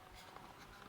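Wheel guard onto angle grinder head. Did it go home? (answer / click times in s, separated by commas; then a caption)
no / none. A wheel guard is handled on the gear head of a RYOBI ONE+ HP 18V Brushless 4-1/2 in. angle grinder, being slid into place so its locking tab can pop over and lock on the back side. Only quiet, steady handling noise is heard over the one-second clip, with no sharp events. Nothing has seated or clicked yet; the tab has not snapped locked.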